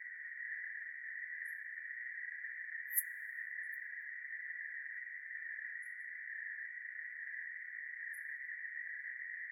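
Crickets trilling continuously at a constant high pitch, the sound never pausing, with scattered faint high ticks and one sharp click.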